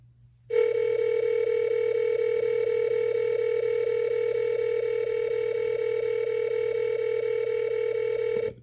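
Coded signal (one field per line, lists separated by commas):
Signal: beep code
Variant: satellite receiver signal finder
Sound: continuous buzzy 500 Hz tone pulsing about four times a second for eight seconds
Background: low mains hum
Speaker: so you can hear that rapid beeping so your receiver also doubles as a signal finder that can beep when you have the signal locked in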